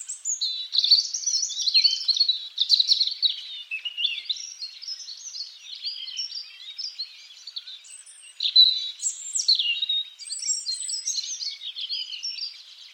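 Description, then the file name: European robin song: thin, high warbled phrases with quick trills and slurred notes, broken by short pauses, continuing throughout. "Erithacus rubecula"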